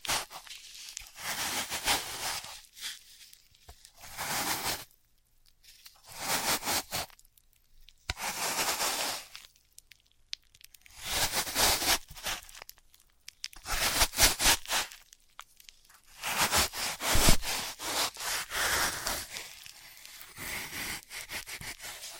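Floral foam crunches and crumbles in repeated bursts of crisp, bright tearing, each lasting a second or two, separated by brief silent pauses.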